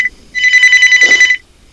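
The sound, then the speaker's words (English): A telephone gives a phantom ring in one sustained burst of about a second, a bright, rapidly trilling bell tone with a steady pulsing flutter, then stops abruptly into near silence. “Spooky, very spooky phantom ringing.”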